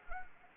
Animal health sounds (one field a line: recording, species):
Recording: mosquito wingbeat signal from an infrared sensor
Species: Anopheles arabiensis